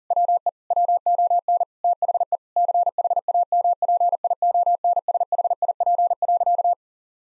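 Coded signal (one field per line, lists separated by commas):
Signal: Morse code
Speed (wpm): 40 wpm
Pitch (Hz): 700 Hz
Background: none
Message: WE WON THE CHAMPIONSHIP.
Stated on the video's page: Morse code head-copy practice sending common eight-word-phrase sentences at 40 wpm; each sentence is sent twice.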